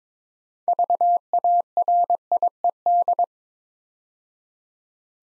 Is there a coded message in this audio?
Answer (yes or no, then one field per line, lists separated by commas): yes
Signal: Morse code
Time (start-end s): 0.7-3.2 s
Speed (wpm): 23 wpm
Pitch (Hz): 700 Hz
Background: none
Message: VARIED